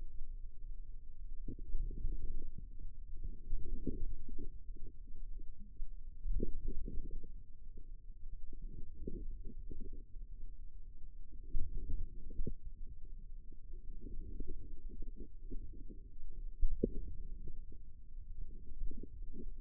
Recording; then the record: forearm muscle sounds (acoustic myography)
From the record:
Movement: outward rotation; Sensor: system 2, bracelet of six BSWA MPA416 microphones around the upper forearm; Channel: 3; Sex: female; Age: 22 years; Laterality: right